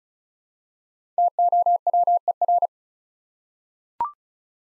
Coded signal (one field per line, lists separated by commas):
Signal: Morse code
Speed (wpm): 36 wpm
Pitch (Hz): 700 Hz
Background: none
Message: TOWER